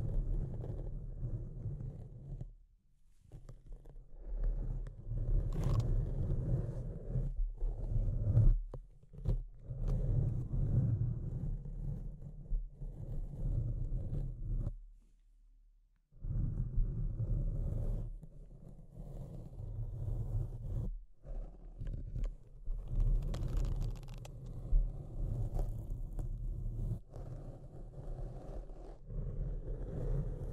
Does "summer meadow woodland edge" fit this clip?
no